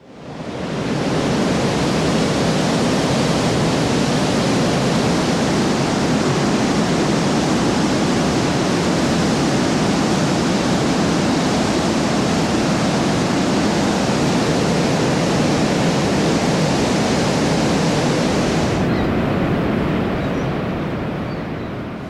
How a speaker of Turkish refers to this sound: O yüzden şimdi ben size güzel bir kıyak yapacağım. Niagara Şelalesi'nin yakından çekilmiş sesini dinleteceğim biraz.